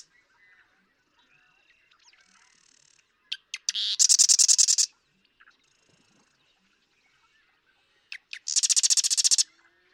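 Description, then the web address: Marsh Wren song: soft buzzing, then sharp ticks and a loud grating rattle, repeated once more near the end. "birdsongforthecurious Marsh Wren"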